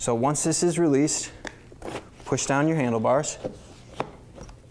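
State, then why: Seated. Someone talks while the metal telescoping handlebars of a Modobag rideable suitcase, with the quick release freed, are pushed down into the suitcase frame. A sharp snap at 4.0 s marks the handlebars locking into place, followed by a few faint handling sounds.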